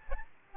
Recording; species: mosquito wingbeat signal from an infrared sensor; Aedes albopictus